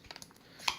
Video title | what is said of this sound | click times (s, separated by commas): SquareUp Debit Machine Tap Chip Reader And Charging Base Unboxing Fee's And Costs | so this will slide down into there pop into place | 0.7 s